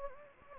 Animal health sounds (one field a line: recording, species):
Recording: mosquito wingbeat signal from an infrared sensor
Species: Anopheles gambiae